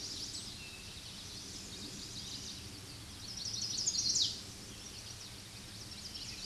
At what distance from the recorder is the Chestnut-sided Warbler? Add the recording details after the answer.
about 10 m. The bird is about 5 m above the microphone. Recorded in a Pennsylvania forest on 16 May 2024 at 06:50. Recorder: AudioMoth, point MSD-2061. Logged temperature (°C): 16.1 °C. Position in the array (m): 225 m, 186 m